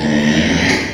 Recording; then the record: squeal of a Yucatan mini pig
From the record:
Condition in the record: before surgery on the right vocal fold (resection and tissue-engineered implant); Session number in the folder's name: 2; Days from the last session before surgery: 0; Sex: male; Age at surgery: 12 weeks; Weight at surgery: 13 kg